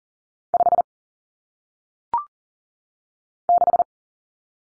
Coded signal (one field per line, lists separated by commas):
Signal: Morse code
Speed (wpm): 38 wpm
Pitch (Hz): 700 Hz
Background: none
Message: 5 6